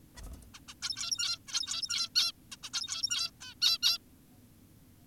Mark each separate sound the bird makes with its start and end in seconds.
0.17-0.22, 0.54-0.60, 0.68-0.74, 0.82-1.39, 1.48-2.09, 2.16-2.32, 2.52-2.56, 2.63-2.70, 2.74-3.31, 3.41-3.54, 3.62-3.78, 3.83-3.98